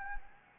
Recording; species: mosquito wingbeat signal from an infrared sensor; Anopheles gambiae